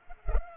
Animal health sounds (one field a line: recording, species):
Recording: mosquito wingbeat signal from an infrared sensor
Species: Culex pipiens